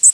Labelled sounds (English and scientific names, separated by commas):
Black-and-white Warbler (Mniotilta varia) flight call